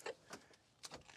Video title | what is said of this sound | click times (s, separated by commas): 2025 Volkswagen ID. Buzz has One Big Problem :Full Specs & Test Drive | you'll hear the click | 0.9 s